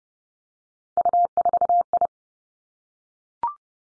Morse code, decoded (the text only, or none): U4I